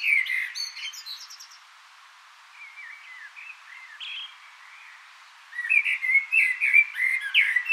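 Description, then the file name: Common blackbird song: a warbled whistle with a high twittering flourish at the beginning, soft quiet notes in between, then a loud run of fluted notes with squeaky high trills. "Turdus merula"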